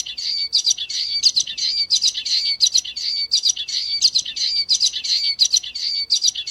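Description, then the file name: Common waxbill song, a continuous high twitter of quick repeated phrases. "canto do bico de lacre"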